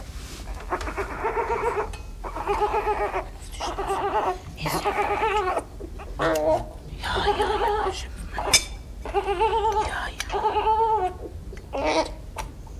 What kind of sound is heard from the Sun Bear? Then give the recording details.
call. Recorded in captivity. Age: juvenile. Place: Tierpark Berlin, Berlin, DE. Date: 1977-02-17 14:00. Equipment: Nagra SN, AKG CK 5, Kopie Uher 4200. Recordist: Tembrock, Günter